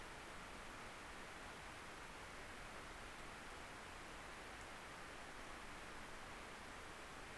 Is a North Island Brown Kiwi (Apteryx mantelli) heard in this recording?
no